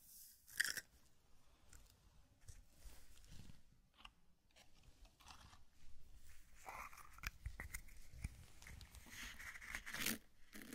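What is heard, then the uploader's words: Quiet crinkling and brushing, with sharp taps near one and ten seconds and busier scratchy rustling later. Zen Garden - Sand Crinkle Brushing Tapping Cup Sounds. NO TALKING.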